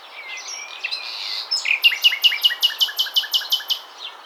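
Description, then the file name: Common nightingale song: a varied opening of twittering and slurred notes, then a fast, even series of many loud repeated notes. "Luscinia megarhynchos"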